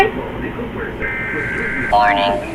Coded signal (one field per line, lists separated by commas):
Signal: Emergency Alert System (SAME) tones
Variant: header bursts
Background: speech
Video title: EAS Scenario: Scary Special Scenario - The Blood Weather (REACTION